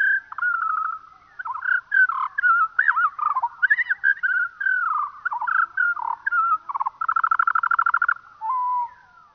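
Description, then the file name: Eurasian skylark song, slowed: twisting warbles and slurred whistles, then a fast buzzy rattle near the end before a final sliding note. Played slowed down. "skylark slowed down"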